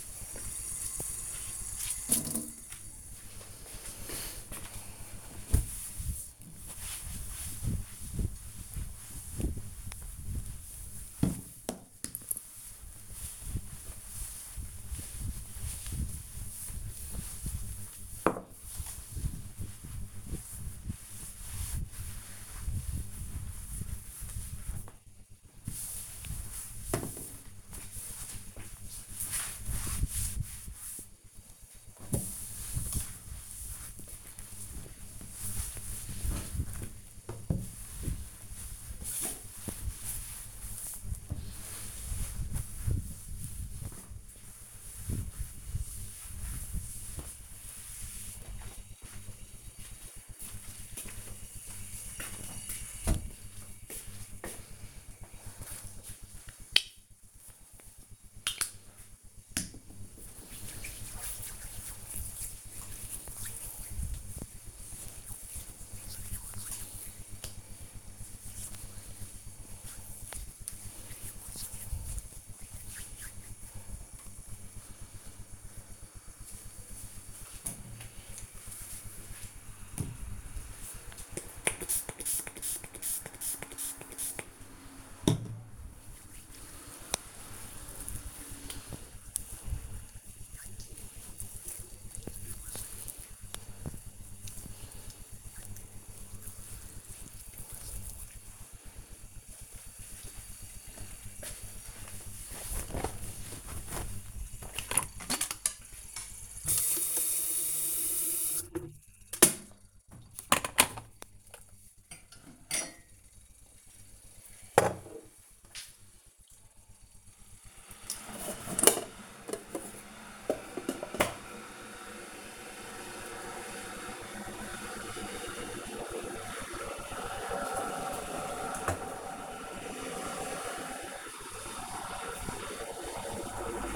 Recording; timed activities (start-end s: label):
household activities, microphone on the right wrist
0.98-48.35 s: cleaning table
55.42-73.56 s: cream hands
81.61-97.72 s: disinfecting hands
104.76-133.96 s: making tea